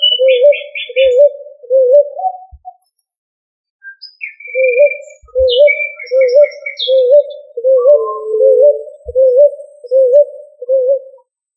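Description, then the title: Pigeon coos in a regular string of wobbling notes, pausing briefly once, accompanied by chirps and short whistles of other birds and a few soft clicks. "Familia Columbidae Pomba"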